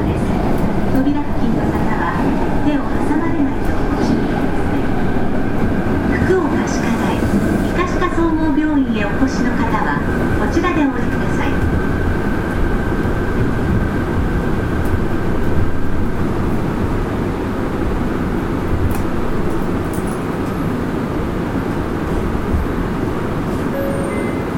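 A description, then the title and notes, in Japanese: A Fukuoka city subway 3000 series train runs with a steady low rumble and whine, faint voices and brief squeals early on. 福岡市営地下鉄 3000系 七隈線 橋本から天神南まで。福岡市交通局 3000系電車の走行音です。七隈線で収録しました。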